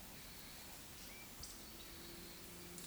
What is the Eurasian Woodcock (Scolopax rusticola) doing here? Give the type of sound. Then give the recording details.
whistle, croak. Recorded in Baden-Württemberg, Germany, on 16 June 2021 at 20:05 UTC. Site 18672, 474 m above sea level